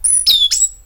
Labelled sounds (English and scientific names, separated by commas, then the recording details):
Stitchbird (Notiomystis cincta) song
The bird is a male
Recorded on Tiritiri Matangi Island, New Zealand, in 2005
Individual 12, of nest box 16